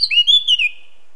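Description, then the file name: Eurasian blackcap giving a short clear whistled phrase, a slurred note rising then gently falling and wavering, lasting under a second, over a quiet background. "Sylvia atricapilla"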